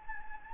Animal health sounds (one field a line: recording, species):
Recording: mosquito wingbeat signal from an infrared sensor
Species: Anopheles gambiae